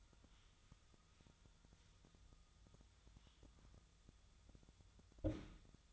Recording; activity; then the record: daily activity, microphone in the room; wipe stove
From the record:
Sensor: 3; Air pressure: 1004.8 hPa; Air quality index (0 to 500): 75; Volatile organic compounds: 2 ppm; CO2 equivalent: 1126 ppm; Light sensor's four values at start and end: 8/19/8/7 and 8/19/8/7